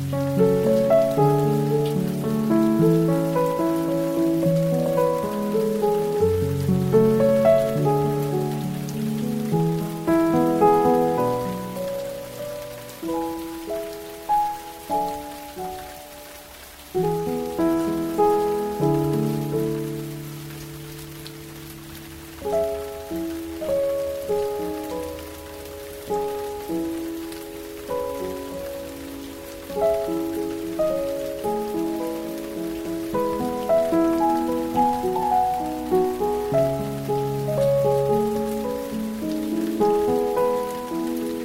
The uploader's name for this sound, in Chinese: 森林中的雨聲 古典音樂 鋼琴音樂